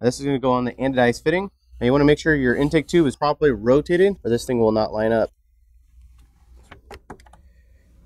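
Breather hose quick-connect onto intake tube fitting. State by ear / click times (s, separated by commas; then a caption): seated / 7.1 s. On a 2015-17 Ford Mustang 2.3L EcoBoost getting a Delta Force Performance air intake, someone talks for about five seconds while the hard plastic breather hose with a spring quick-release end is pushed onto the anodized aluminum fitting of the new plastic intake tube, which must be properly rotated for it to line up. After the talking stops, a few faint handling ticks lead to a sharp snap at 7.1 seconds as the quick-connect seats on the fitting.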